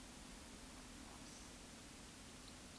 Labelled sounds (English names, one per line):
Eurasian Woodcock whistle
Eurasian Woodcock croak